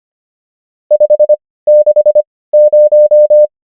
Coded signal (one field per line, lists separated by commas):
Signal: Morse code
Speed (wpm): 25 wpm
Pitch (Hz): 600 Hz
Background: none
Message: 5 6 0